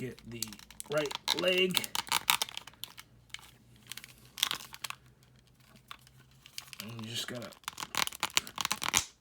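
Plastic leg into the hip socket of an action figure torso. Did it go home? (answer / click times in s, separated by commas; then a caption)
yes / 8.4 s. Someone talks while the plastic right leg of a Marvel Legends Monster Venom build-a-figure is handled with crinkling and sharp clicking sounds and pushed into the hip socket of the action figure torso. The leg snaps into place at 8.4 s.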